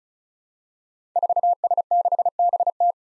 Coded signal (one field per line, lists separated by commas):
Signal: Morse code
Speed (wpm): 36 wpm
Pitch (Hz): 700 Hz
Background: none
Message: 4S6BT